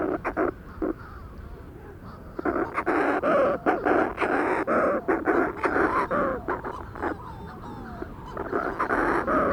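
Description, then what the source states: Manx shearwater calls: harsh, wheezing, gasping notes in rapid rhythmic bursts. Recorded in 2007.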